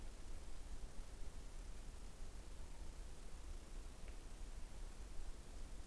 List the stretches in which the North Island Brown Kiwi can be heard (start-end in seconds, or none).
none